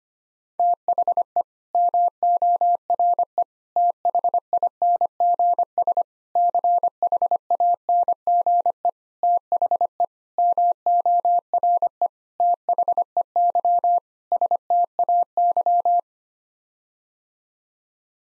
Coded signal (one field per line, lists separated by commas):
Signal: Morse code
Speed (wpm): 25 wpm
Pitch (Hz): 700 Hz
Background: none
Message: THE MORE THINGS CHANGE THE MORE THEY STAY